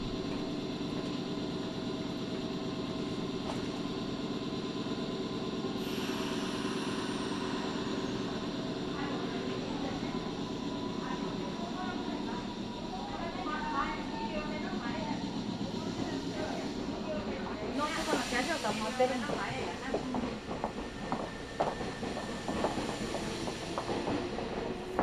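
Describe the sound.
Inside a Nankai local train, a steady low rumble and hum carries faint voices, then rising clatter and rattling after about eighteen seconds.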